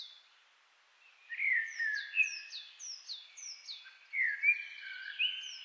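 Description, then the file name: Common blackbird song: fluted, warbled phrases overlapping a steady series of high, sharply down-slurred notes. "Turdus merula"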